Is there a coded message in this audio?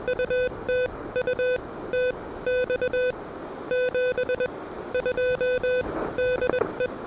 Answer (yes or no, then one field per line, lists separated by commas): yes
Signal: Morse code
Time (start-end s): 0.1-6.9 s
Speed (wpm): 21 wpm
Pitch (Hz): 500 Hz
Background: none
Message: UT UTX 72 DE